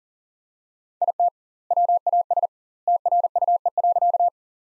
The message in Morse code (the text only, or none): IT WAS TRUE.